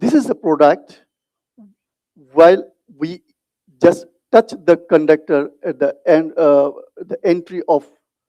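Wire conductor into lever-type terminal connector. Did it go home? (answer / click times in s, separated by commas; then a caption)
no / none. A wire conductor is brought to the entry of a lever-type terminal connector while someone talks throughout the clip. Only speech is heard, with no click, and nothing has seated or clicked yet.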